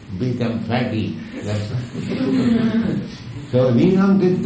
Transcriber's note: laughter